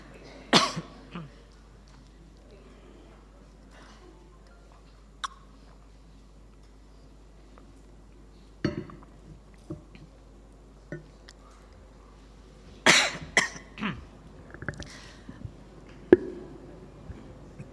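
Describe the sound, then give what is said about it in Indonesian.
A man coughs several times with long quiet pauses between, a sharp burst early on, another later, then a cluster of hoarse coughs and throat clearing near the end. “Batuk.”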